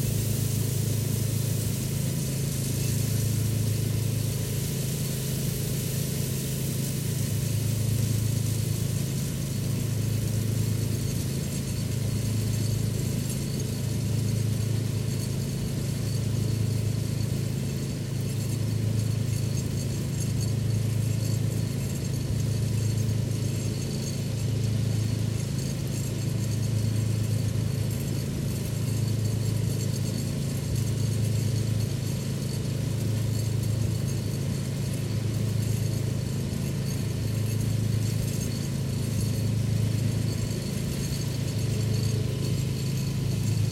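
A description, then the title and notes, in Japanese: A threshing machine strips grain from straw bundles, its low engine drone steady throughout with a regular pulsing throb and a bright hiss above. 機械音あり 天日干し米たちの脱穀。地主さんに譲っていただいた年代モノの脱穀機頑張ってくれています。干していた藁束を機械でモミだけにする作業です。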